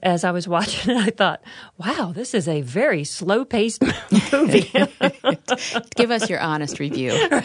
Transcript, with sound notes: As I was watching it, I thought, Wow! This is a very slow-paced movie.
(laughter) Give us your honest review.